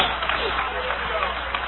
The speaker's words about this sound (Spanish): Dale un aplauso de alabanza al Cordero de Dios.